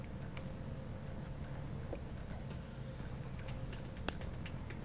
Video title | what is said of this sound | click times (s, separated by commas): etrailer - 2002 Ford Van Quick Fix (TM) 4 Pole Flat Car and Trailer Ends: Complete Installation | Okay, when you squeeze it, you should hear a click with these clips catching. | 0.4 s, 4.1 s